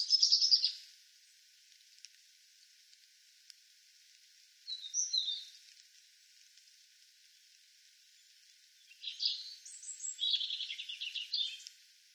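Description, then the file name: European robin song: a short sharp burst, a brief warble midway, then a longer jumble of high twittering notes over steady hiss. "Erithacus rubecula"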